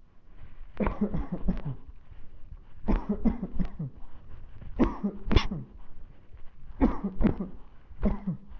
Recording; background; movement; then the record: voluntary coughing; quiet; walking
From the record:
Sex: male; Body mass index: 20.5 kg/m2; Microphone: on the chest, facing the body